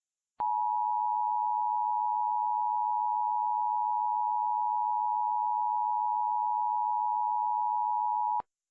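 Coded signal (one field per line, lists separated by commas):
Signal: Emergency Alert System (SAME) tones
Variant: 853 and 960 Hz attention tone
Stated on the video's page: Valid EAS tones used in a fictional hurricane scenario, not a real alert.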